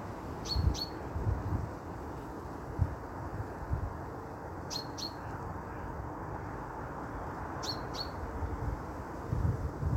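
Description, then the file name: Common chaffinch giving short, sharp high 'pink' calls in quick pairs, three pairs spread throughout, over a steady low rumble of traffic. "Fringilla coelebs"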